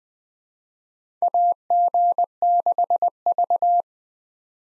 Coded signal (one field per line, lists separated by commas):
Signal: Morse code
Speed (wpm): 21 wpm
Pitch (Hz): 700 Hz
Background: none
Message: AG6V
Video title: 2023 SOTA Chaser Call Signs - 20wpm